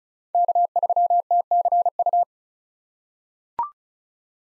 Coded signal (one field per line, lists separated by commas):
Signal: Morse code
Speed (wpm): 34 wpm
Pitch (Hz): 700 Hz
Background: none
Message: K3TCU